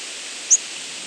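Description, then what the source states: Yellow-rumped warbler flight call: a single very brief, high thin note over a steady hiss of background noise. Nocturnal flight call.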